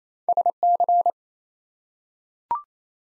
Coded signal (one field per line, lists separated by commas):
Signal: Morse code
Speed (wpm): 27 wpm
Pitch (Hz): 700 Hz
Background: none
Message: SC